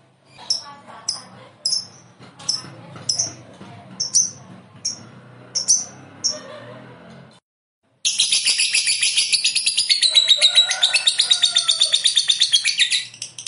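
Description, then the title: Lovebird giving several short sharp high chirps, a pause, then a dense fast buzzy trill. "Suara Lovebird"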